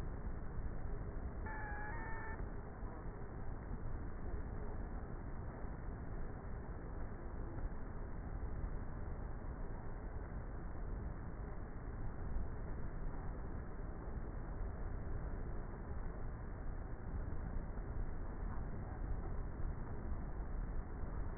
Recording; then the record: honeybee colony, microphone inside the hive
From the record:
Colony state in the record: queenless with a low population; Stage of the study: before two queens were removed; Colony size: about 30,000 bees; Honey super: no